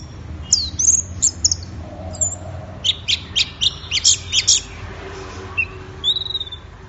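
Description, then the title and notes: Orange-headed thrush song: high chirps, then a quick series of sharp notes, ending with a short whistle, over a low background hum. Gacor (in full song) birds, recording used for training songbirds. "Anis Merah Gacor Teler. Kumpulan Suara Burung Anis"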